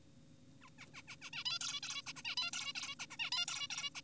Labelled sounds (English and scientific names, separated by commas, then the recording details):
Zebra Finch (Taeniopygia guttata)
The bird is an adult
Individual g4p5U